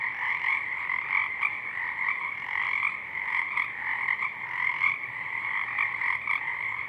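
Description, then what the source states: Pacific chorus frogs, a busy chorus with croaks pulsing in irregular bursts over a constant background of many calling frogs. Chorus of many frogs at dusk; downmixed to stereo from a double mid-side recording; frogs already out in full chorus.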